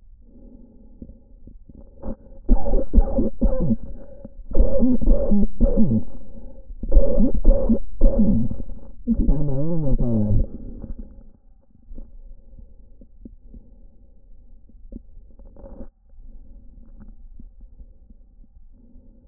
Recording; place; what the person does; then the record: lung sounds by stethoscope; trachea; quiet breathing, then cough and speech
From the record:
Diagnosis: COPD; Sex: male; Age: 78 years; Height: 162 cm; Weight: 66.4 kg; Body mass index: 25.3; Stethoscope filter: diaphragm mode